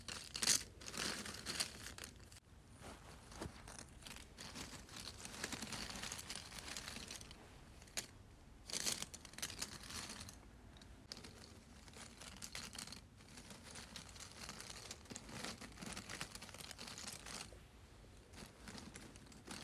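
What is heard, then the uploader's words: Puzzle pieces rustle and click in dense, uneven handling, crinkly bursts coming every second or so, with brighter snaps near 1 and 9 seconds. ASMR Pieces of a Puzzle.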